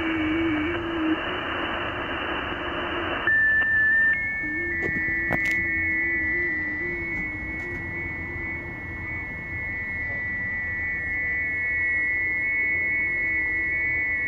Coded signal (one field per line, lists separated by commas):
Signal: FT8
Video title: T30L, Western Kiribati, Pacific Ocean, 10MHz, FT8, Worked by HL2WA